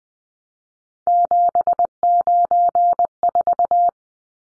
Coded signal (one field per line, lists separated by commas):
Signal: Morse code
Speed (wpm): 20 wpm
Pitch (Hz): 700 Hz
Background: none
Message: 794